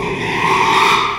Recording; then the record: squeal of a Yucatan mini pig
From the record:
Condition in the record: after surgery on the right vocal fold (resection and tissue-engineered implant); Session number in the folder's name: 1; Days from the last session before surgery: 6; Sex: male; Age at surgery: 12 weeks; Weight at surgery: 13 kg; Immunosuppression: cyclosporine, prednisolone